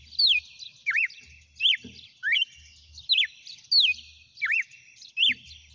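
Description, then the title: Red-cowled cardinal singing loud, whistled slurred phrases that swoop down and up, repeated roughly every half second to second, with soft low thumps between. Female red-cowled cardinal singing; title asks whether it is 'batendo fogo'. "Canto Galo Campina Fêmea 07. GALO DE CAMPINA CANTANDO e BATENDO FOGO?"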